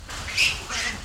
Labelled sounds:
Gray-cheeked Mangabey (Lophocebus albigena)
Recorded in captivity
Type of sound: call, screech
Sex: pair
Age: adult
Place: Zoo Berlin, Berlin, DE
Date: 1994-09-10 10:25
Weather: bedeckt, 15°C, z.T. Regen
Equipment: Marantz CP 430, Sennheiser ME 80, Kopie Uher Variocord 263
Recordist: Tembrock, Günter
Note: (Cercocebus aterrimus): Paar: 2 Begegnungslaute

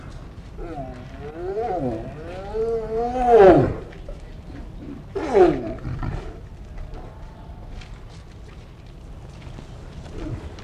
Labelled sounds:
Brown Bear (Ursus arctos) call
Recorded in captivity
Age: adult
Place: Zoo Berlin, Berlin, DE
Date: 1960-07-09 19:30
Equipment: Reporter (Vollspur)
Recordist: Tembrock, Günter
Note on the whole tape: 2 Tiere. Der Kleinere, stark unterlegen, läuft stereotyp am Gitter, dabei Rufe: Brummen, rhythmische Lautfolgen, "Blubbern", dieses besonders am Schluß der Aufnahme. Abstand 3-5m

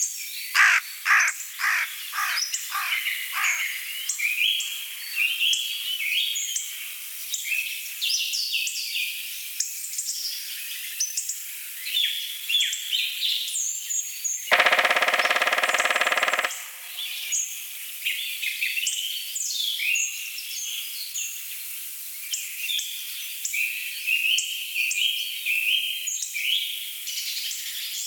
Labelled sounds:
Black Woodpecker (Dryocopus martius)
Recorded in the wild
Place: Jägerhof / Breisach am Kaiserstuhl, Baden-Württemberg, DE
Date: 1985-03-10
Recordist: Schwarz, Dieter
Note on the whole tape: Call and drumming

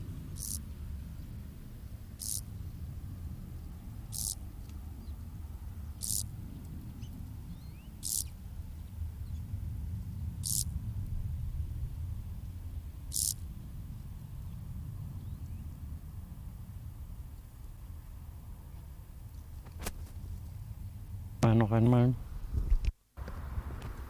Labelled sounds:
Field Grasshopper (Chorthippus brunneus) stridulation
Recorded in the wild
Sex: male
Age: imago
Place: Botanische Anlage Blankenfelde, Berlin, DE
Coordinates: 52.603, 13.4
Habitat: Wiese
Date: 1997-08-10 18:19
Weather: 27°C, heiter
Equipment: Sony MD-WM MZ-R3, Sennheiser MKH 416 T, Kopie Uher 4000 Report Monitor
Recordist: Tembrock, Günter

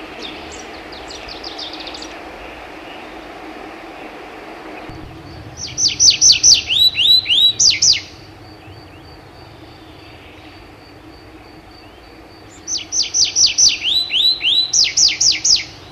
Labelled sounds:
Tree Pipit (Anthus trivialis) song
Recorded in the wild
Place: Schwarzseelacke, AT
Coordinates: 47.7514, 16.8978
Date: 1972-05-09
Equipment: Uher Report 4200, AKG D190C in Doppel-Parabolreflektor
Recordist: Krey, Winfried

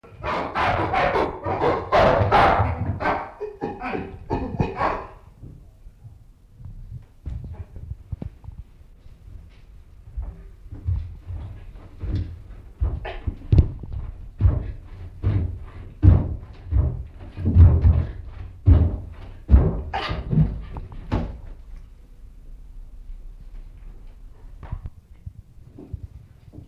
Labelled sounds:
Chimpanzee (Pan troglodytes)
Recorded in captivity
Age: adult
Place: Zoo Leipzig, Sachsen, DE
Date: 1965-03-26 17:45
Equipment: Telefunken Magnetophon 300, Sennheiser MD 421, Transistorverstärker
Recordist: Tembrock, Günter

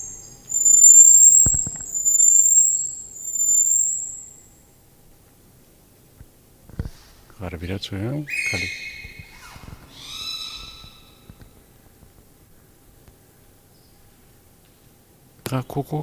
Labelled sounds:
Guira Cuckoo (Guira guira) call
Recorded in captivity
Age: adult
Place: Zoo Berlin, Berlin, DE
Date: 2000-08-29
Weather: heiter, 21°C
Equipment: Nagra SN, Kopie Uher 4000 Report Monitor
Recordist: Tembrock, Günter

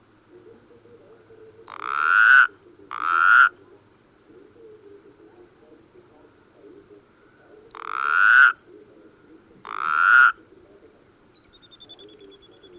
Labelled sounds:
Mongolian Toad (Bufo raddei) call
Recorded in the wild
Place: Chudjirt, MN
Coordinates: 47.013, 102.255
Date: 1979-06-07
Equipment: Nagra III BH, Sennheiser MD 21, parabola
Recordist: Schubert, Michael
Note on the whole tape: Bufo raddei

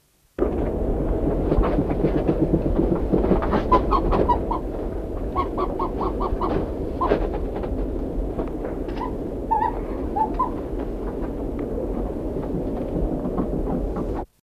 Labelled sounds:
Buffy Fish Owl (Ketupa ketupu) call
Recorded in captivity
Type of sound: call
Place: Vogelpark Bad Schwartau, Schleswig-Holstein, DE
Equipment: Halbspur, 9,5 cm/s
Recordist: Lütgens, Hans
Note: Erregungsruf beim Herantreten

